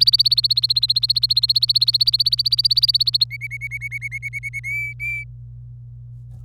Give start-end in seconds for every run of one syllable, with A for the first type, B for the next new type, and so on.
0.00-3.24 A, 3.31-4.60 B, 4.64-5.24 C